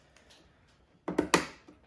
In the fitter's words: hear that snap right away